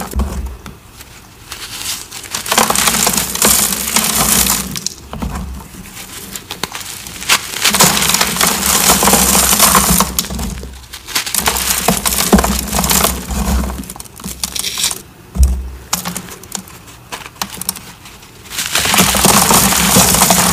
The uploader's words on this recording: ASMR 4-in-1 Crushing Sounds of Dyed Cubes, Chalk Bombs, Cornstarch Crunchies, Confetti Reforms.